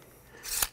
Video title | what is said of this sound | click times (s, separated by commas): How to Install Insulation - DIY Kitchen Renovation Pt. 1 | we are good to go just snaps | 0.6 s